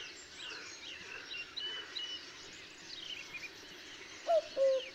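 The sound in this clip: Cuckoo calling once at the end, a clear falling two-note coo, with a scatter of thin high bird chirps and whistles earlier against background hiss.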